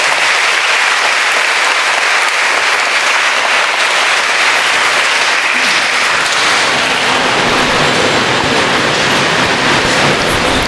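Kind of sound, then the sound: crowd, loud round of applause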